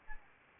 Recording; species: mosquito wingbeat signal from an infrared sensor; Anopheles arabiensis